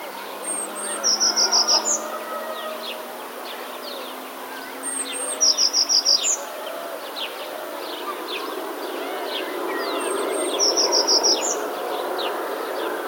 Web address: wroblowe teka spiew. modraszkoteka